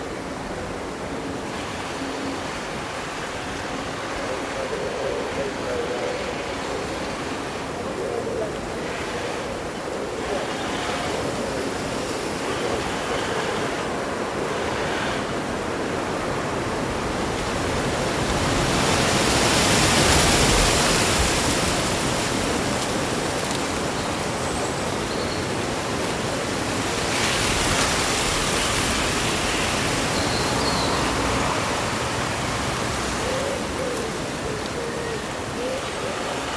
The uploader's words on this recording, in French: Vent lors d’une journée d’été : Feuilles bruissantes et chants d’oiseaux. La symphonie des feuilles qui bruissent et les mélodies des oiseaux locaux.